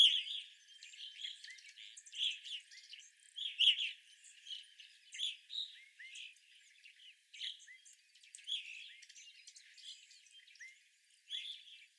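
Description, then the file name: Evening grosbeak calls in irregular clusters of burry chirps, with short gaps and soft rising whistled notes. Several evening grosbeaks recorded on 25 April 2021. "2021-04-25 Evening Grosbeaks"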